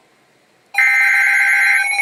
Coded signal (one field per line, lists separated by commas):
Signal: Emergency Alert System (SAME) tones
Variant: header bursts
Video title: Severe Thunderstorm Warning #6 For My County (EAS #172)